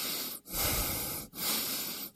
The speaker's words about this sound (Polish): Proszę oddychać. Nie oddychać. Oddychać.